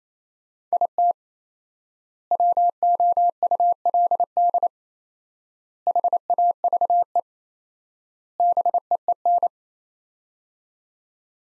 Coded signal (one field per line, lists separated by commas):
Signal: Morse code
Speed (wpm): 28 wpm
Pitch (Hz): 700 Hz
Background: none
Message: IT WOULD HAVE BEEN